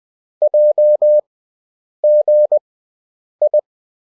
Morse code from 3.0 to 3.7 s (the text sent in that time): I